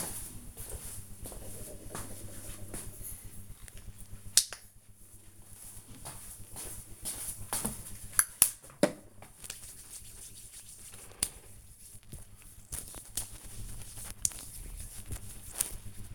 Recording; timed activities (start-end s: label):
household activities, microphone on the right wrist
2.42-16.15 s: disinfecting hands